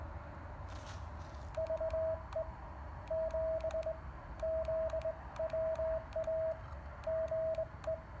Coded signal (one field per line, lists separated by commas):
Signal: Morse code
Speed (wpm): 18 wpm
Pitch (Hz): 660 Hz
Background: radio noise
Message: VE7ZWA GE